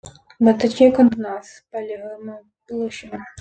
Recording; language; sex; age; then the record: short text; Brazilian Portuguese; female; 20 to 29 years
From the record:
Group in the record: control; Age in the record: 27 years